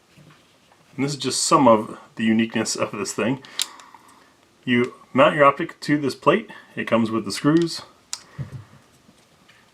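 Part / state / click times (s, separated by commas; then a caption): optic mounting plate onto pistol slide / not seated / none. Someone talks while handling the polymer optic mounting plate, supplied with its screws, for a BB Techs BB6 pistol slide; the plate slides forward, down and back onto the slide cuts until a spring-loaded bar catches it. Faint handling taps sound near 3.8–4.4 s and a sharp tap at 8.1 s, but the plate has not yet clicked or locked onto the slide.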